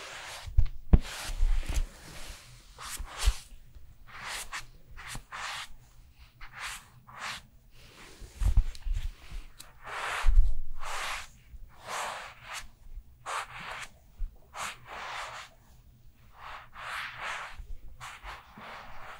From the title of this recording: Korean Special Skincare Routine